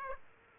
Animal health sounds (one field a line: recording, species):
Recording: mosquito wingbeat signal from an infrared sensor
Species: Aedes aegypti